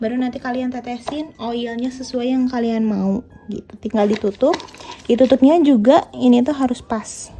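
A plastic lid is handled over the body of a diffuser that has been filled with water and oil, with the lid needing to fit exactly. Someone talks throughout, with brief handling sounds in the pauses. The lid has not clicked or seated yet by the end of the clip.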